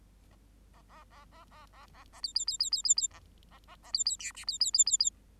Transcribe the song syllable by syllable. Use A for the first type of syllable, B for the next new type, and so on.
A A A A A A A A B B B B B B B A A A A B B C D B B B B B